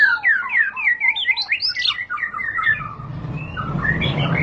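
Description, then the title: White-rumped shama song: quick run of slurred whistled notes descending in pitch, then softer notes over low rumbling noise. High-class lure (pancingan) recording, much sought as master song for training caged birds. "Pancingan Murai Batu Berkelas Banyak Di Cari Buat Masteran"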